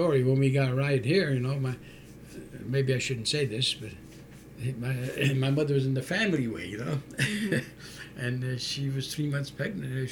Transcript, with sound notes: When we got right here, you know, maybe I shouldn't say this, but my mother was in the family way, you know. ( he laughs ) And she was three months pregnant.